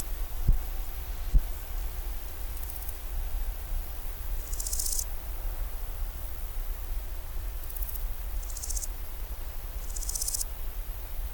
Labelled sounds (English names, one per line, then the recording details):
Large Gold Grasshopper stridulation
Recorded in the wild
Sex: male
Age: imago
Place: Groß Dölln, Schorfheide, Brandenburg, DE
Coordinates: 53.01, 13.58
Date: 1996-08-04 11:24
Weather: wechselnd heiter bis wolkig, 15-18°C
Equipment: Sony MD-WM MZ-R3, Sennheiser ME 80, Kopie Uher 4000 Report Monitor
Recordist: Tembrock, Günter